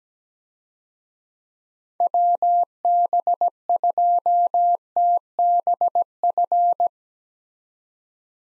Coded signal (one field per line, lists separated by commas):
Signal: Morse code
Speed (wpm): 17 wpm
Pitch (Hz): 700 Hz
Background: none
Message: WB2TBF